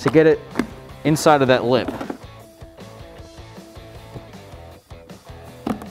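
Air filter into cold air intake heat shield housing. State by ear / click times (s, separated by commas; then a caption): seated / 5.7 s, 5.8 s. An oiled aFe Pro 5R air filter, with its chrome bar placed toward the bottom, is slid into the lip of the heat shield housing of an aFe Momentum GT cold air intake for a 2011-2023 Challenger 5.7L, with its top locking tabs pushed in while someone talks. The tabs snap home with sharp clicks at 5.7 s and 5.8 s, and the filter is seated and locked in place.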